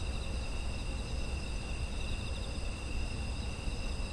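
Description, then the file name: Insects trilling together, thin ringing tones held unbroken at several pitches, beneath which a deep steady rumble persists. Autumn insect ambience. "秋の虫の環境音"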